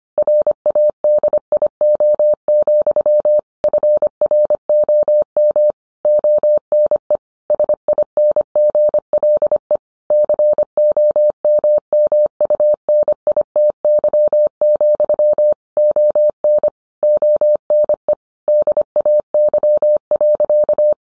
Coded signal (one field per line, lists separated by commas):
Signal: Morse code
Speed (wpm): 25 wpm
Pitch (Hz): 600 Hz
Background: none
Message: RADIO, FROM ONE SINGLE COMMUNITY, ON ONE DAY.